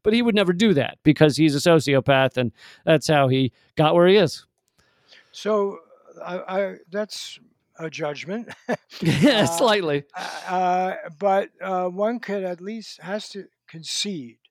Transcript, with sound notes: But he would never do that, because he’s a sociopath, and that’s how he got where he is.
So, that’s a judgment [Laughs]
Yeah, slightly.
But one at least has to concede